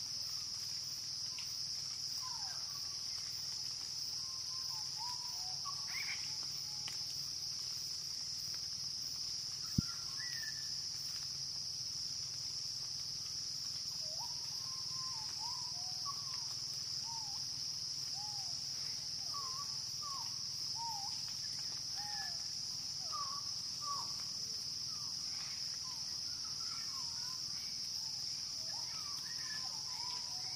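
Jungle ambience with a steady, shrill insect drone running high and unbroken throughout. Scattered short bird chirps and whistles come and go, thickening after the midpoint, over a low rumbling bed, with a single sharp click near ten seconds.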